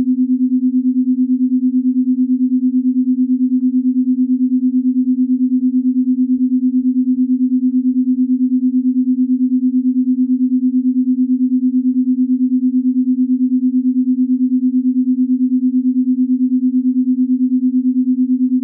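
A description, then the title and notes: A binaural beat for alpha waves: a single steady low-pitched pure tone hums without change for the whole stretch. Its level pulses in a fast, even rhythm throughout. Nothing else is audible beyond a few faint ticks near the middle. PURE ALPHA Binaural Beat - Alpha Wave Frequency.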